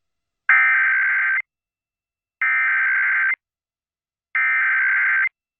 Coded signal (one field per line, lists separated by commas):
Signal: Emergency Alert System (SAME) tones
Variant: header bursts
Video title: EAS Mini-Compilation: Dallas-Fort Worth, Texas AMBER Alert (WBAP-AM/NOAA Weather Radio)